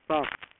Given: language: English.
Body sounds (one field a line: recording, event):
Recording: throat vibration sensor signal played as sound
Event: speech